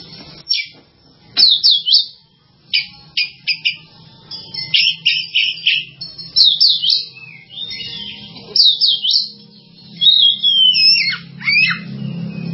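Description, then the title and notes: Bird song of short separate chirps and twittered bursts with longer looping whistled notes, over a steady low hum. "Bird Sound. Kicau Burung Lengkap"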